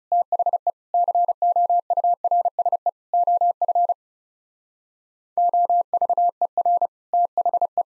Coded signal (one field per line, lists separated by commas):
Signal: Morse code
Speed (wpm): 39 wpm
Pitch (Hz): 700 Hz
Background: none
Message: THE COURSE OF OVER THE